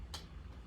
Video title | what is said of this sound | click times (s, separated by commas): Stampin' Up! Merriest Frames Hybrid Embossing Folder & Rustic Harvest | okay? It clicks right into place, okay? | 0.1 s